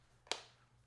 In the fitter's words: nice click there two